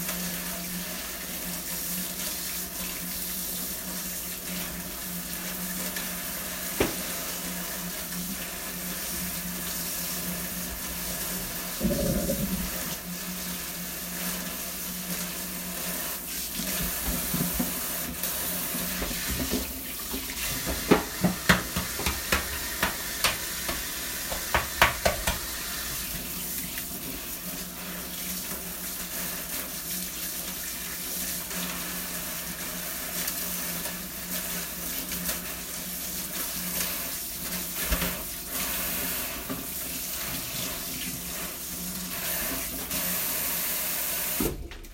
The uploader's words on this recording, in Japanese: キッチンの音。水の音が心地よい！